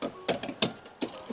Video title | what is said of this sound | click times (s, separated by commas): How to: 2008 Infiniti G37 License Plate Bulb Replace (168 or T10 Bulb) | in the right side until you hear a snap. | 0.6 s